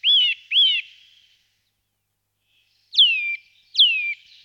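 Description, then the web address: Eurasian nuthatch calls: two quick arched whistles, a pause, then two clear notes that drop steeply in pitch, loud against a silent background. "All the bird songs of Britain and Europe - Jean-Claude Roche. Sitta europaea"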